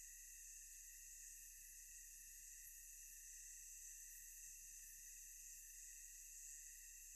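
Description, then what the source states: Insects in a thick, unbroken high tonal chorus, several stacked whining tones holding steady throughout, with a faint low background rumble. Ambience of thick, tonal insect sounds.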